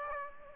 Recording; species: mosquito wingbeat signal from an infrared sensor; Aedes aegypti